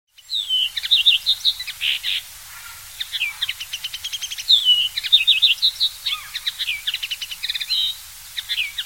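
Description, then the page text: Common linnet song: rapid twittering phrases mixing clipped notes, short whistles and stuttering trills, with a brief pause early on before the jumble resumes. "Common Linnet SongTornirisk Коноплянка Linotte. knut the bird nerd"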